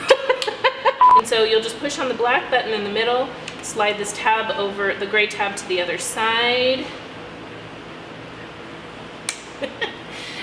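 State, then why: Seated. Someone talks while pressing the black button in the middle and sliding the grey tab across on a Baby Jogger City Select Double Modular Stroller, then turns the front swivel wheel until its swivel lock engages with one sharp click at 9.3 s. The front wheel swivel lock locks into place, which keeps the stroller from jerking to one side when a wheel catches on bars at a playground or in grass.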